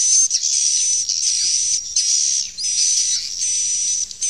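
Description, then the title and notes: Swiftlet calls as drawn-out rasping high bursts with brief breaks, a faint whistle-like tone and a few quick upward chirps. Swiftlet sound used in swiftlet farming in Asia. "Swiflet Bird Sound. Farming Swiflet Bird asia sound"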